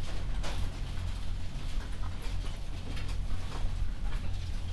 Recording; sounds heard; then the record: poultry house recording; sick chickens (respiratory disease)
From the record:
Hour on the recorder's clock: 21